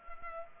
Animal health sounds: mosquito wingbeat signal from an infrared sensor; Culex pipiens

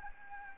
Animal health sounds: mosquito wingbeat signal from an infrared sensor; Anopheles gambiae

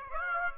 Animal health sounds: mosquito wingbeat signal from an infrared sensor; Aedes aegypti

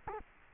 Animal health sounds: mosquito wingbeat signal from an infrared sensor; Culex quinquefasciatus

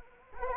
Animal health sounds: mosquito wingbeat signal from an infrared sensor; Anopheles arabiensis

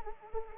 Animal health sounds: mosquito wingbeat signal from an infrared sensor; Anopheles arabiensis

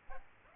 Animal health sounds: mosquito wingbeat signal from an infrared sensor; Aedes aegypti

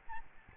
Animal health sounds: mosquito wingbeat signal from an infrared sensor; Aedes albopictus

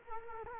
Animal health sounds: mosquito wingbeat signal from an infrared sensor; Culex quinquefasciatus

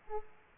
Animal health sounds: mosquito wingbeat signal from an infrared sensor; Aedes aegypti

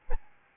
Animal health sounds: mosquito wingbeat signal from an infrared sensor; Aedes albopictus

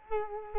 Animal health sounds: mosquito wingbeat signal from an infrared sensor; Culex quinquefasciatus

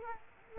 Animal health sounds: mosquito wingbeat signal from an infrared sensor; Culex quinquefasciatus

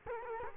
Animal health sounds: mosquito wingbeat signal from an infrared sensor; Culex quinquefasciatus

